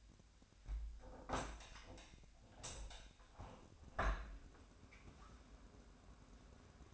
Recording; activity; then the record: daily activity, microphone in the room; open window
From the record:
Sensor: 2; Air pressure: 1006.4 hPa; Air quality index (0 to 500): 202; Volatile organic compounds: 14 ppm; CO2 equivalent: 2470 ppm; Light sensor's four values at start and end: 9/21/8/9 and 9/21/9/9